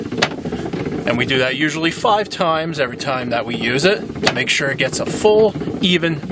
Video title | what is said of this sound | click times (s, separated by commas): Composting Toilet- Do They Stink!?!? | rotate it until you hear the click | 0.2 s